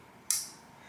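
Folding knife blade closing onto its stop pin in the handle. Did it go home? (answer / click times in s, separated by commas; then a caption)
yes / 0.3 s. A Spyderco folding knife is closed slowly, and its blade swings shut against the stop pin in the handle. There is a single sharp, bright metallic click at 0.3 s that rings briefly and fades within about a quarter second, with quiet before and after. The blade seats closed with a very satisfying click.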